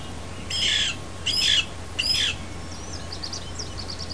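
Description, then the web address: Lewis's woodpecker making three harsh, raspy squawks under a second apart, followed by faint thin twittering notes over a low constant hum. Mating calls of Lewis's woodpeckers, recorded in eastern Washington. "eastern-washington animals birds snd lewis-woodpeckers-mating"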